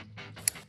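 A headlight bulb for a 2016–2021 Honda Civic is lined up by its pointer toward the tab of its plastic plug and pushed in until it clicks. Over a low steady hum, a single sharp click sounds at 0.5 s, confirming the bulb is seated in the plug.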